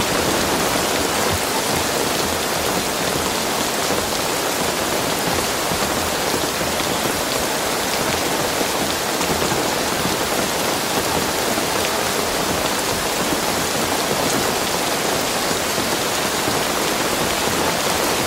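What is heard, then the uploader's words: Heavy rain pours down in a dense, unbroken hiss that stays level for the whole stretch, bright and crowded with fine drop detail. A low rushing layer underneath suggests wind, though no distinct gusts rise or fall. Strong wind and heavy rain.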